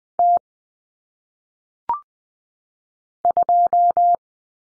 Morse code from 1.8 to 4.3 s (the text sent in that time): 2